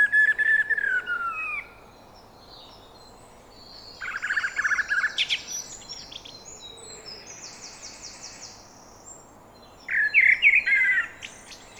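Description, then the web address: Eurasian blackbird song: a descending fluty phrase, then scratchy high twittering near the middle, and another warbled phrase with squeaks near the end. "SETE data Turdus merula"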